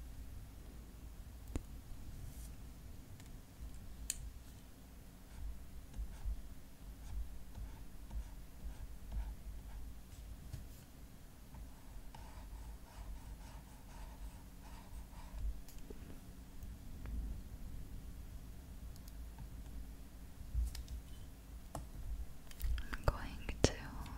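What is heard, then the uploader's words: Light taps and small clicks on a tablet screen come over a steady low hum, scattered every second or so with a few sharper ticks. A brief faint brushing sound comes near the middle, and a brighter rustle comes near the end. Makeup Application on Tablet. Drawing, tapping.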